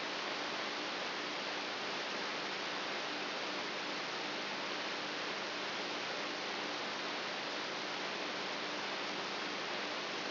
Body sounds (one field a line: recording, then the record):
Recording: brain microelectrode recording played as sound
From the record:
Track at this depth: inside the subthalamic nucleus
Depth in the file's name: 2.44 mm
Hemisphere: right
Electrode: 3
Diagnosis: Parkinson's disease